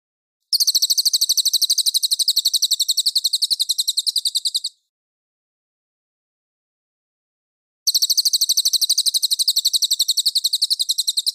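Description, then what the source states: Mangrove whistler singing a rapid, evenly pulsed high trill for about four seconds, then a silent pause, then the same trill starting again. Song described as clear.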